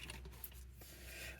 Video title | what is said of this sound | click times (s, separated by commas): Chuck's Reviews Transformers Rise of the Beasts Energon Igniters Bumblebee and Optimus Prime | will snap into place and hold | 0.1 s, 0.4 s